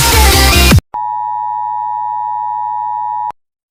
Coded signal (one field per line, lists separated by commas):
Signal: Emergency Alert System (SAME) tones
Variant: 853 and 960 Hz attention tone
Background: music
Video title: EAS Mini Scenario - Swine Flu